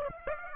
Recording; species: mosquito wingbeat signal from an infrared sensor; Aedes aegypti